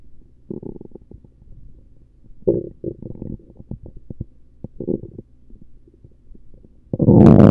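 Irregular low gurgles and short bubbling bursts come and go over several seconds, ending in a louder rushing rumble. These are ordinary stomach rumbling and gurgling bowel sounds from an adult abdomen.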